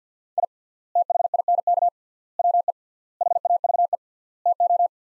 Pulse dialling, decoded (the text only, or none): none